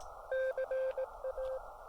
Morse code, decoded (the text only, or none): CA